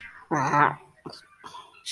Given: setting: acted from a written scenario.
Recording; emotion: vocal sound without words; disgust